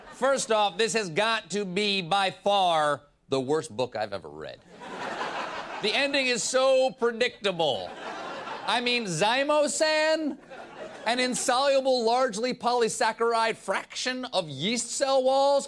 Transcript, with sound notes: First off, this has got to be, by far, the worst book I've ever read.
(LAUGHTER)
The ending is so predictable. I mean, zymosan - an insoluble, largely polysaccharide fraction of yeast cell walls?